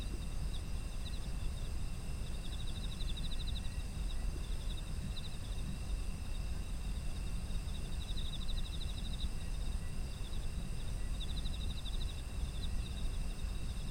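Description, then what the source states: Insects keep up a high steady trill, with rapid chirp runs recurring several times throughout, over a deep continuous rumble. Autumn insects; environmental ambience.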